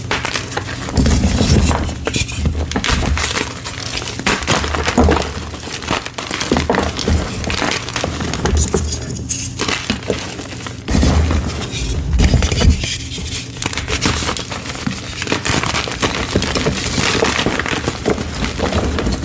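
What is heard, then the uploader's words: Crumbly chalk is crushed and crunched, a dense run of crisp crackles and gritty snaps over a steady low hum. Black Iron Oxide *Crush Only* Compilation! Glitter Mix, Fresh Chalk, Gym Chalk Reforms. Crispy crunchy black iron oxide gym chalk crumbles and oddly satisfying asmr sounds.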